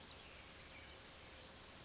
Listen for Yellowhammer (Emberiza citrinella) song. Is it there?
no